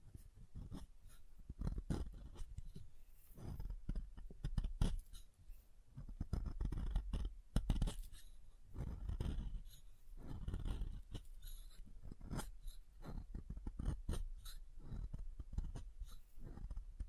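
Soap being tapped and carved, with a dense run of dry scraping and crumbly cutting strokes that come in uneven bursts every second or so. Sharp clicks and taps punctuate the carving throughout, and a soft low rumble rises under the heavier strokes.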